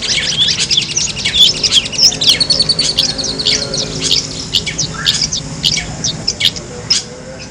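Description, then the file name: Long-tailed shrike song: a run of varied high chirps, sharp notes and short trills, fast and irregular, over a low steady hum. Simulated song contest. "simulasi-lomba-cendet 2-omkicau"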